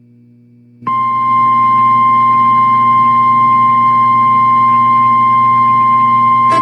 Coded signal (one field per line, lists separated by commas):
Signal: Emergency Alert System (SAME) tones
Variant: 1050 Hz attention tone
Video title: dust advisory Eas in Albany